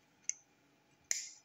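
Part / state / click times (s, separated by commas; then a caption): plastic terminal shield onto wiring terminal housing / seated / 0.3 s, 1.1 s. A plastic terminal shield is pushed back over a wiring terminal housing until its bent-out locking tab catches. Two sharp plastic clicks land at 0.3 s and 1.1 s, the second louder with a brief ringing tail. The shield is seated and tight again.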